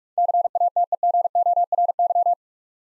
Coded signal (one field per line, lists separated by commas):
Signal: Morse code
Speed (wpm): 43 wpm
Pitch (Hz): 700 Hz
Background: none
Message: CATEGORY